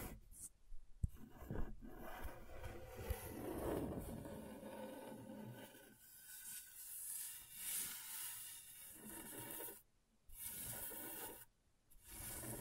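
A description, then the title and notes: Scratching on a scratchboard, a dry rasping scrape that runs in long strokes with short silent gaps near 1, 10 and 11.5 seconds. The texture is gritty and bright, swelling louder around 3 to 5 seconds, with small clicks as the tool lands and lifts. ASMR Brain Tingling Scratchboard (No Talking).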